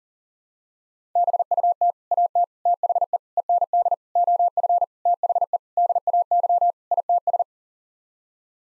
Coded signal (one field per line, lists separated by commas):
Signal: Morse code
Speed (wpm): 40 wpm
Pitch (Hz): 700 Hz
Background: none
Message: BUT AT THE END OF THE DAY ITS